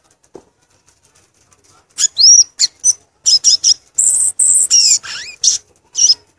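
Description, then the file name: Violaceous euphonia song, a burst of very high buzzy notes and squeaky slurred whistles after a near-silent start. "canto do gaturamo verdadeiro"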